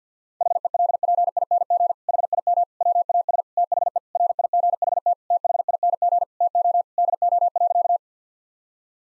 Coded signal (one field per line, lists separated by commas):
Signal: Morse code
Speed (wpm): 50 wpm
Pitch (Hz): 700 Hz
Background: none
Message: HELPING HIM WAS THE RIGHT THING TO DO.